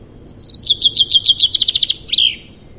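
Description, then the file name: Common chaffinch song: a rapid series of bright, descending trilled notes speeding up, ending in a short emphatic flourish, over quiet background. "Fringilla coelebs"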